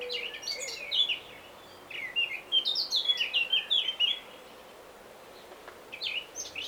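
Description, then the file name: Eurasian blackcap song, two bursts of quick, varied, slurred warbling notes separated by a short quiet gap, with a brief later phrase near the end. "Sylvia atricapilla"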